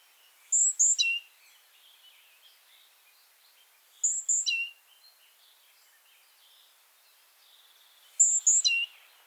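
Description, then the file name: Great tit calls, each a burst of high thin notes dropping to a lower one, given three times about every four seconds. "Parus major"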